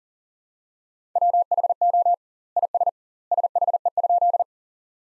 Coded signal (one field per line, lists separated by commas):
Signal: Morse code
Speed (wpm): 40 wpm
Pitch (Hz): 700 Hz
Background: none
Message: WHO IS SHE?